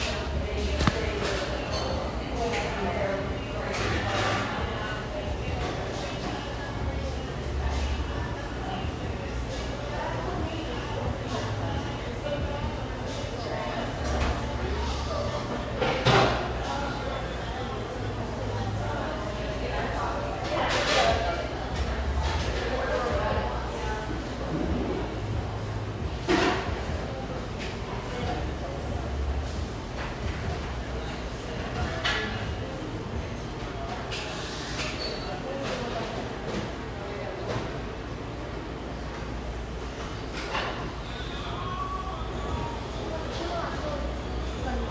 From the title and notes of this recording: Irvine, California. Cheerful, bustling background noise of this sunny café in one of the OC's most upscale neighborhoods.